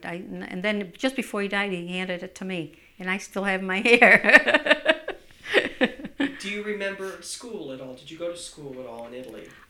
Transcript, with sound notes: And then just before he died he handed it to me, and I still have my hair. ( she laughs )
Do you remember school at all? Did you go to school at all in Italy?